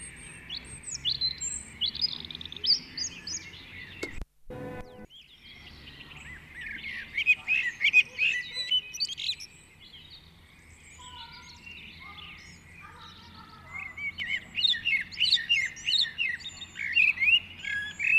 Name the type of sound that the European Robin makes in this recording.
song